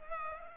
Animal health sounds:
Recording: mosquito wingbeat signal from an infrared sensor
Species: Culex pipiens

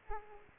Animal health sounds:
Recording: mosquito wingbeat signal from an infrared sensor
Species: Aedes aegypti

